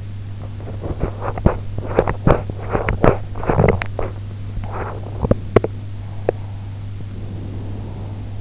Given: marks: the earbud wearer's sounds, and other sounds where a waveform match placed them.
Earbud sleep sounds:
sounds in sleep by an in-ear microphone; teeth grinding, breath
0.24-5.74 s: teeth grinding
5.90-8.41 s: breath

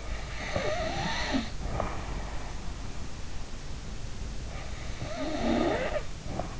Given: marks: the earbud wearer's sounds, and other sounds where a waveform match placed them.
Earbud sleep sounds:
sounds in sleep by an in-ear microphone; snoring breath
0.40-2.56 s: snoring breath
4.64-6.60 s: snoring breath

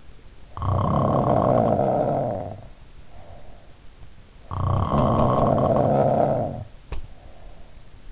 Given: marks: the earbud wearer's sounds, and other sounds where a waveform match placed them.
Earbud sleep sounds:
sounds in sleep by an in-ear microphone; snoring breath
0.30-4.13 s: snoring breath
4.35-8.12 s: snoring breath

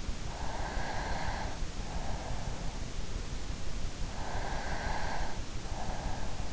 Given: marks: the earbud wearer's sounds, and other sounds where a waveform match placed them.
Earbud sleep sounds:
sounds in sleep by an in-ear microphone; breath
0.24-2.59 s: breath
4.13-6.53 s: breath

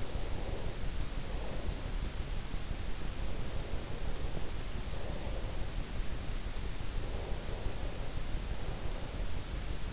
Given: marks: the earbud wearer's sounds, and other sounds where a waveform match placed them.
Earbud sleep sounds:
sounds in sleep by an in-ear microphone; breath
0.00-2.74 s: breath
3.59-6.11 s: breath
6.68-9.65 s: breath

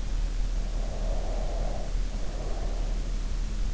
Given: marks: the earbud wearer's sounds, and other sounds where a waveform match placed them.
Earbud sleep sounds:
sounds in sleep by an in-ear microphone; breath
0.61-3.61 s: breath

